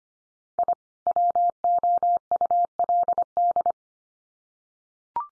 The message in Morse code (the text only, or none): I WOULD